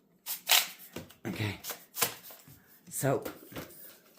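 A plastic telescoping wand section on a Kenmore Pop-up 600 Series canister vacuum is being adjusted to working height before vacuuming a rug. Someone talks while sharp plastic handling knocks and scrapes sound, the loudest near 0.5 s and 2.0 s. Nothing has seated or clicked into place yet.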